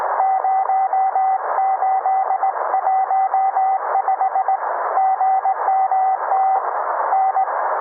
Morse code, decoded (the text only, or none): 0815 GMT N